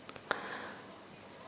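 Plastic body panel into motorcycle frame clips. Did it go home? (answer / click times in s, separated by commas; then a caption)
yes / 0.3 s. A plastic motorcycle body panel (colour set) is pressed home into the frame clips during reassembly. Two faint ticks come at 0.1 and 0.2 s, then a sharp, bright snap at 0.3 s with a short ringing tail, as the panel's clips lock into place.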